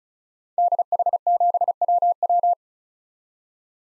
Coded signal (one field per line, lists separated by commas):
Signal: Morse code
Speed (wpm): 36 wpm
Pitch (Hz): 700 Hz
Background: none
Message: DH7WW